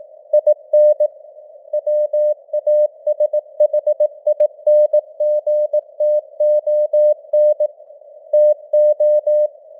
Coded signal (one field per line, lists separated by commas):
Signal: Morse code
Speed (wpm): 18 wpm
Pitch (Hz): 600 Hz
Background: none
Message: IN WASHINGTON TO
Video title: Morse Code News | 2025-11-12 | 18wpm